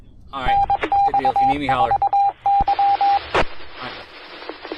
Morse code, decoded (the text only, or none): NX4Y